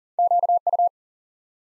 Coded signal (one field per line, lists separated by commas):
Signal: Morse code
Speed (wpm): 40 wpm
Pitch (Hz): 700 Hz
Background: none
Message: QU